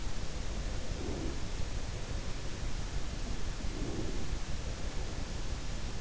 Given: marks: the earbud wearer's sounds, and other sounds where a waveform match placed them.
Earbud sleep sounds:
sounds in sleep by an in-ear microphone; breath
0.86-1.51 s: breath
3.33-4.30 s: breath

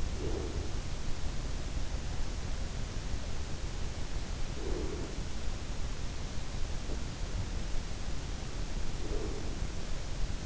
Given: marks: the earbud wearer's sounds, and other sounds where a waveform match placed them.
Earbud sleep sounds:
sounds in sleep by an in-ear microphone; breath
0.00-1.43 s: breath
4.39-5.81 s: breath
8.83-10.46 s: breath

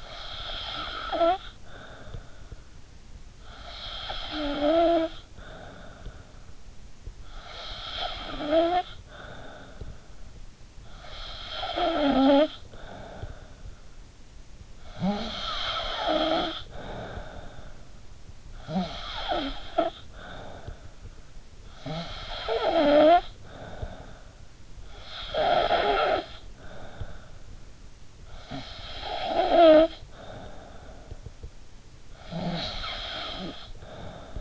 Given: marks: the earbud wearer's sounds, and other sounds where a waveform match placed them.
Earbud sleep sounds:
sounds in sleep by an in-ear microphone; snoring breath
0.00-34.41 s: snoring breath

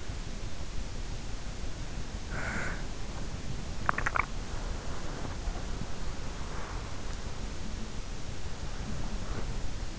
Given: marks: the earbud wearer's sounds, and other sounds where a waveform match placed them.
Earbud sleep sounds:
sounds in sleep by an in-ear microphone; snoring breath, swallowing, breath
0.00-1.48 s: snoring breath
1.48-3.48 s: swallowing
2.91-4.39 s: sound from someone else or the room
4.39-6.97 s: sound from someone else or the room
7.25-9.99 s: breath

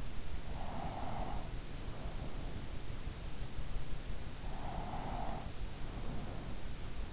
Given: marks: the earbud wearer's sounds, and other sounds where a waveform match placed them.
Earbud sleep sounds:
sounds in sleep by an in-ear microphone; breath
0.53-2.88 s: breath
4.59-6.82 s: breath

